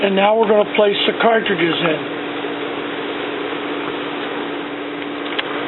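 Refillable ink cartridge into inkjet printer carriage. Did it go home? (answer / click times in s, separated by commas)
yes / 5.4 s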